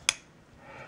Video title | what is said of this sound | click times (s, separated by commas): Tighe Coon Closer Look | and i just i love the way that that locks up | 0.1 s